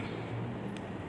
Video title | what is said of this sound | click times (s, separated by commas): PDD-UKTPT VIDEO PENGAJARAN - SERDOS SMART 2024 - BAYU ARIWIBOWO - UNIVERSITAS IVET | reset sampai berbunyi klik Li kali seperti tadi saya contohkan tegak | 0.8 s